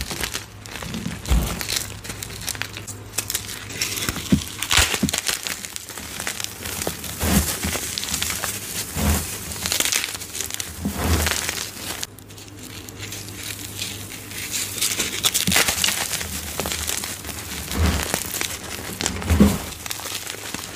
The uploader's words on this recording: Exploding Gym Chalk Bombs Overload. ASMR Crushing dyed gym chalk bombs filled with soap, glitter, powder and more!